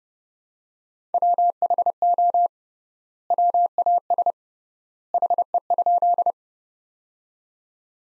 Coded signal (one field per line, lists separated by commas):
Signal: Morse code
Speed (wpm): 30 wpm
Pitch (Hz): 700 Hz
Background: none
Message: WHO WAS HE?